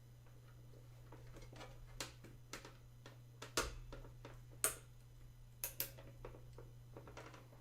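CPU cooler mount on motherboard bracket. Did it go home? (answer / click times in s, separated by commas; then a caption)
yes / 2.0 s, 2.5 s, 3.6 s, 4.6 s, 5.6 s, 5.8 s. During a PC build, a CPU cooler mounting part is pressed down, rather than turned, onto the motherboard bracket. Sharp ratchet-like snaps ring out at 2.0, 2.5, 3.6, 4.7, 5.6 and 5.8 seconds over a low steady hum, and the cooler mount is seated.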